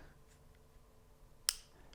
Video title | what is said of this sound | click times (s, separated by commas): Unboxing the UV Slider from Ultraview | once it clicks it's completely engaged you're able to move up and down the drive system | 1.5 s